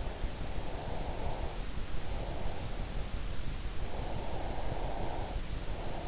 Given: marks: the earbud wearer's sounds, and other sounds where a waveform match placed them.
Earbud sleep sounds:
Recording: sounds in sleep by an in-ear microphone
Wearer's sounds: breath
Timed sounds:
0.60-2.94 s: breath
3.86-6.08 s: breath

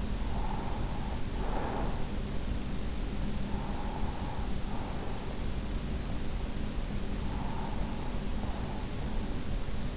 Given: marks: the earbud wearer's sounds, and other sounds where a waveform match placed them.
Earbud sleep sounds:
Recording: sounds in sleep by an in-ear microphone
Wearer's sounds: breath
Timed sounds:
0.00-2.36 s: breath
3.19-5.68 s: breath
7.14-9.37 s: breath

